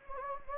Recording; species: mosquito wingbeat signal from an infrared sensor; Anopheles gambiae